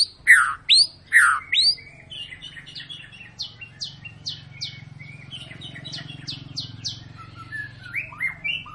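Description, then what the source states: White-rumped shama song, loud downslurred whistles opening a long series of repeated descending notes, with a low hum in the background. Long lure song of a gacor white-rumped shama, used to make birds sing.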